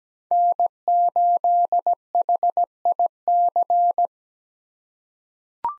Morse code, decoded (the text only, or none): N8HIC